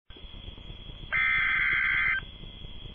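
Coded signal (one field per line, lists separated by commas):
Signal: Emergency Alert System (SAME) tones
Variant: header bursts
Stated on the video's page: Tornado warning issued for Tennessee.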